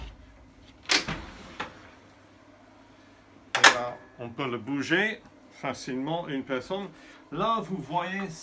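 The other half of a ping pong table is raised quickly into its folded lock, with a few knocks near 0.9 to 1.6 s. A sharp hit at 3.6 s marks its latch catching and the half seated upright. Someone then talks.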